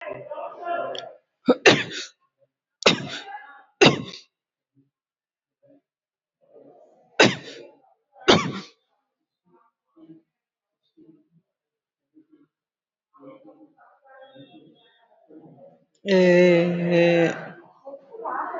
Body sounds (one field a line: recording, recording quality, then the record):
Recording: shallow voluntary cough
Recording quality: moderate, slight background noise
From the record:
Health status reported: exposed to COVID-19, no respiratory illness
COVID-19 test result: negative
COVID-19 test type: RT-PCR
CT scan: not taken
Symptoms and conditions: diabetes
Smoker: no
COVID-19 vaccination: none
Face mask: not worn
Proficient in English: yes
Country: India